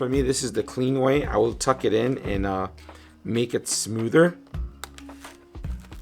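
Someone talks while handling a Cardo PackTalk Edge intercom part at its helmet mount, tucking the wiring in for a cleaner fit, with a few short, faint taps and knocks near the end. Nothing has seated or clicked yet.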